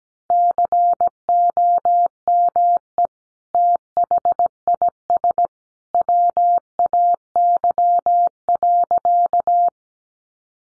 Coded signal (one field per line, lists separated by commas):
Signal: Morse code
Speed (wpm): 17 wpm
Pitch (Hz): 700 Hz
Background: none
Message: COME THIS WAY.